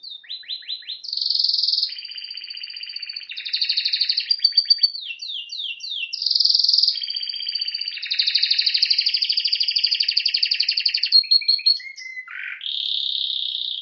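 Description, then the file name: Canary song, a continuous run of high trills and rapid buzzy rolls with quick down-slurred notes, shifting between tours without pause; no other sounds. "Canary Voice"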